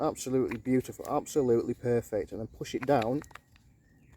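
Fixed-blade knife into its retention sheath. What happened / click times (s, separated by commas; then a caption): Handled, not yet home: the knife is not yet locked in its sheath / none. A fixed-blade knife is handled at its moulded retention sheath while someone talks, with a few faint rustles after the speech ends. Nothing has seated or clicked yet; the clip ends just before the knife is pushed down into the sheath.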